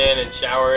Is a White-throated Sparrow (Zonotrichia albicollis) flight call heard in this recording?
no